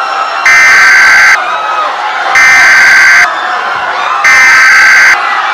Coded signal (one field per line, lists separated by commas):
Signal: Emergency Alert System (SAME) tones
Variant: header bursts